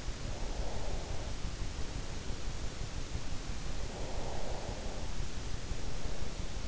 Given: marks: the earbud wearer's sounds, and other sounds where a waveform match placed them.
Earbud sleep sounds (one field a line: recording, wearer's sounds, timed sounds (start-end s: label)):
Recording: sounds in sleep by an in-ear microphone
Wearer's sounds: breath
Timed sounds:
0.27-1.63 s: breath
3.83-5.47 s: breath